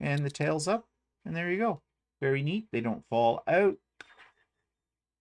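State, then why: Seated. Someone talks, then a clear plastic dome cover is put back onto the base of a threaded needle case. A single sharp click at 4.0 s marks the dome locking into place.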